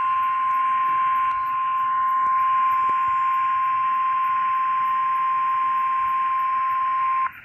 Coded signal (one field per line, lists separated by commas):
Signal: Emergency Alert System (SAME) tones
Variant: 1050 Hz attention tone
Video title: SVR for western DC Area EAS #230